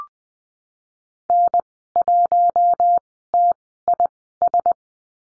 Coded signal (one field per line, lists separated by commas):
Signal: Morse code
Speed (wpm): 20 wpm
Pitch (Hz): 700 Hz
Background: none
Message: N1TIS